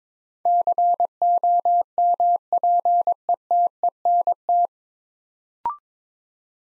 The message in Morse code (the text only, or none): COMPETENT